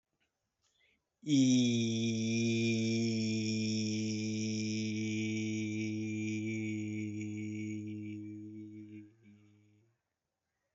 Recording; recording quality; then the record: sustained vowel as in beet; excellent, no background noise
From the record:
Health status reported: healthy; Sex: male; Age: 32 years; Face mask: not worn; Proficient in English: yes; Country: India